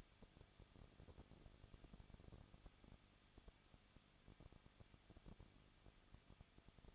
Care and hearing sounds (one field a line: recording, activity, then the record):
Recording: daily activity, microphone in the room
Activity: no activity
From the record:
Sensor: 4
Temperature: 23.1 degrees Celsius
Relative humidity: 34.1%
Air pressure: 1007.2 hPa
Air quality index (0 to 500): 214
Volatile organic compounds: 14 ppm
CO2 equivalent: 2473 ppm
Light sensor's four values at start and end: 2/3/1/1 and 2/3/1/1